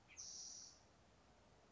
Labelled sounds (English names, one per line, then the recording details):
Spotted Towhee
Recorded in Sonoma County, California